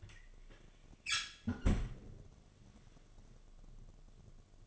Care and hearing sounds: daily activity, microphone in the room; close fridge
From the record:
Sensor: 4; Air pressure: 1005.5 hPa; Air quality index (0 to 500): 174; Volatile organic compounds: 5 ppm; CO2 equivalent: 1712 ppm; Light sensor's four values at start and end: 5/11/4/4 and 6/12/5/4

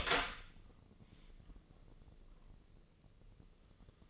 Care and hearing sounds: daily activity, microphone in the room; open door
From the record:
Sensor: 4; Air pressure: 1013.2 hPa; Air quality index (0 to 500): 177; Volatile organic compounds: 2 ppm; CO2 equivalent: 1117 ppm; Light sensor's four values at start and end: 68/167/70/70 and 88/221/91/97

